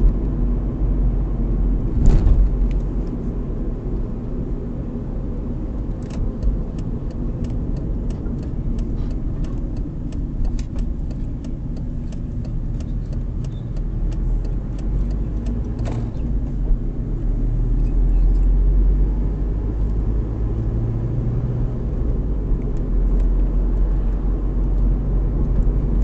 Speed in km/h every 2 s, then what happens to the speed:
47, 45, 44, 40, 28, 24, 19, 28, 34, 42, 47, 49, 52.
0-12 slows to 19. 12-26 speeds up to 52.